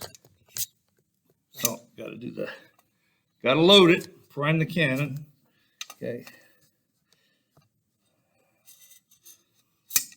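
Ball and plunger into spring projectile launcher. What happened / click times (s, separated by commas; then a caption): Spring launcher latches at its first catch / 10.0 s. A ball and plunger are pushed into a spring projectile launcher while it is being primed, with someone talking beforehand. A sharp click at 10.0 s marks the launcher's spring catching on its first click.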